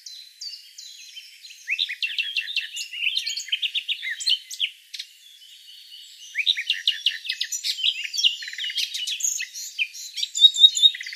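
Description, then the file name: Eurasian blackcap song: two long bursts of rapid, varied, chattering and warbling notes, the second starting after a short pause and growing louder near the end. "Sylvia atricapilla"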